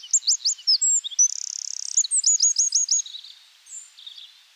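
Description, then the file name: Eurasian wren song, a rapid high-pitched jumble of sharp chips and sweeping notes, with a fast buzzy rattle in the middle and a fading end. "Troglodytes troglodytes"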